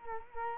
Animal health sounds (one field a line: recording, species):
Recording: mosquito wingbeat signal from an infrared sensor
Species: Culex quinquefasciatus